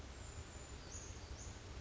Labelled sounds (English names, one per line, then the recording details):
Brown Creeper
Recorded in Sonoma County, California